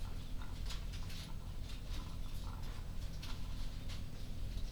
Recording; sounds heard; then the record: poultry house recording; sick chickens (respiratory disease)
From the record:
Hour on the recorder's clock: 22